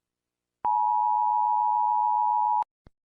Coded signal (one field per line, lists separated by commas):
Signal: Emergency Alert System (SAME) tones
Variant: 853 and 960 Hz attention tone